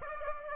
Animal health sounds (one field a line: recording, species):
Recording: mosquito wingbeat signal from an infrared sensor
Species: Aedes aegypti